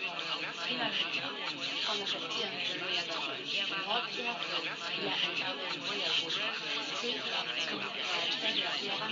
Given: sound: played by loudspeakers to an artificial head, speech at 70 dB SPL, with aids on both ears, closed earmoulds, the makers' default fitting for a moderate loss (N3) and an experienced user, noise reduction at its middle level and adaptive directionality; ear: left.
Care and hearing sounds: speech test signal (ISTS) in cocktail-party noise; -3 dB; on the right (90 degrees)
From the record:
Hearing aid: class 1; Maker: G

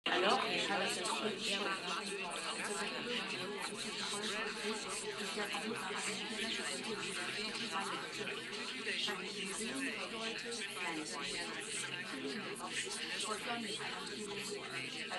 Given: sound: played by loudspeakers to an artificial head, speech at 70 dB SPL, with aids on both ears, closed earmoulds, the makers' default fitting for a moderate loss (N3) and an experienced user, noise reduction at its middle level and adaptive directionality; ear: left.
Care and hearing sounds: speech test signal (ISTS) in cocktail-party noise; -3 dB; on the right (90 degrees)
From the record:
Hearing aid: class 1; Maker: E

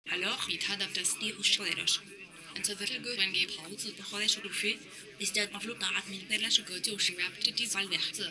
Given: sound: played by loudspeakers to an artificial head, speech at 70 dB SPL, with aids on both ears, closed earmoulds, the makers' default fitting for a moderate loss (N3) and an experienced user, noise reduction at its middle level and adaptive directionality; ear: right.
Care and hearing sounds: speech test signal (ISTS) in cocktail-party noise; +6 dB; in front (0 degrees)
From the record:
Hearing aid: class 2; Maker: J

